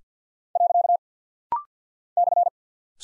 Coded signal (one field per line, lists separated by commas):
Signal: Morse code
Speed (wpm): 50 wpm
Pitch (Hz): 700 Hz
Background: none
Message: . /